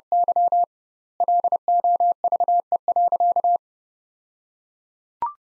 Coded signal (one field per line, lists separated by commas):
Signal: Morse code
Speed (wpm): 30 wpm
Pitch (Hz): 700 Hz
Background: none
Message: Y LOVE.